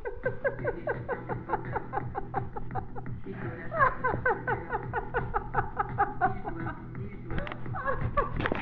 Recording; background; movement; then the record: laughter; music; sitting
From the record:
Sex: female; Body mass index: 21.8 kg/m2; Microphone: on the chest, facing the body